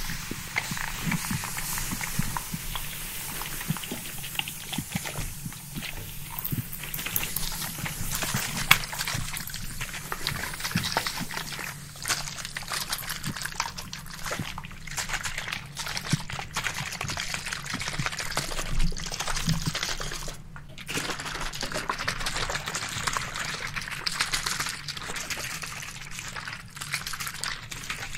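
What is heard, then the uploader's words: Barbershop spray bottle sounds run without a break: a dense, rapid stream of hissy sprays and trigger clicks, bright and crackly on top with a steady low rumbling hum underneath. The rhythm stays fast throughout, with a few brief gaps near twenty seconds. Ultra Fast RAW Barbershop SPRAY Bottle Sounds.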